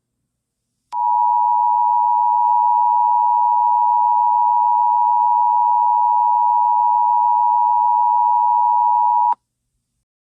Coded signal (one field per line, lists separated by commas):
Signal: Emergency Alert System (SAME) tones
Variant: 853 and 960 Hz attention tone